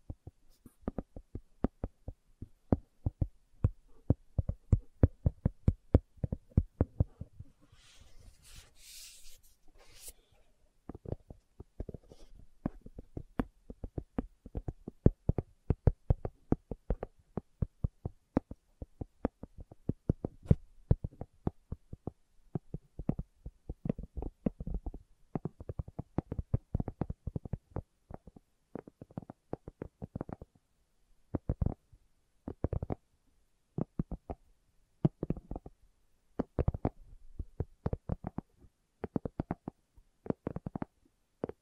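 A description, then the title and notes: Slow tapping: dry, sharp knocks land one after another across the whole stretch, sometimes in quick bursts, sometimes with short gaps. Around eight to ten seconds the taps thin out and a brief bright hiss appears, then steady tapping resumes. ASMR Slow Tapping for Deep Sleep (No Talking).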